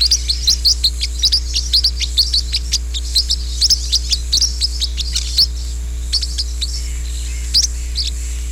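Green-rumped parrotlet chatter of rapid, high, squeaky chirps tumbling almost continuously, thinning out toward the end, over a steady low electrical hum.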